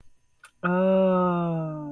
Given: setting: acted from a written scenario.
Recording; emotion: vocal sound without words; realization